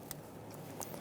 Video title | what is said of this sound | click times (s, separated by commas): How to Replace Crankshaft Position Sensor 2003-2007 Honda Accord | push until you hear a click | 0.1 s, 0.8 s